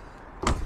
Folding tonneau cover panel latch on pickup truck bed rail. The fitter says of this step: now when you close this you don't want to be slamming it just close it normal you hear the little clicks you see it's working just fine